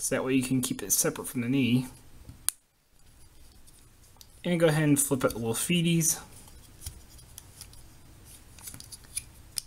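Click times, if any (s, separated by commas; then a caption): 9.2 s, 9.6 s. Someone talks while folding the plastic legs of a Transformers Titans Return Deluxe Class Skullsmasher action figure back into their slots in the figure's body joints. Small plastic clicks and handling taps follow. The legs click into place at 9.2 s and 9.6 s, though they no longer pop in firmly.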